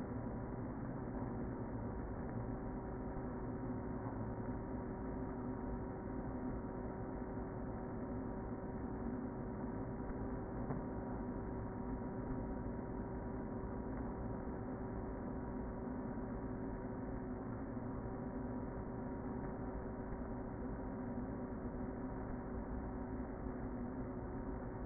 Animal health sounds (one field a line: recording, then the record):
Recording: honeybee colony, microphone inside the hive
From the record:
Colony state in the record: queen present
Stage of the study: before two queens were removed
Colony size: about 60,000 bees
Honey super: yes